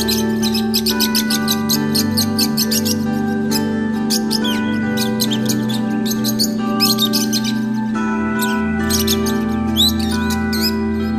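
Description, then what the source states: Shrill lovebird chirps and squeaks in quick overlapping volleys, pausing briefly then resuming, accompanied by a steady low drone. Lovebirds, used for audio therapy.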